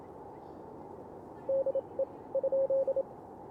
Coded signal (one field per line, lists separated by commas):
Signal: Morse code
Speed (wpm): 26 wpm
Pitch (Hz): 530 Hz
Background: radio noise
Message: DE ?